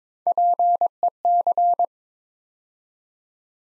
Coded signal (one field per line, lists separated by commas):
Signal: Morse code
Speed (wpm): 22 wpm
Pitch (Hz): 700 Hz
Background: none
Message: PEC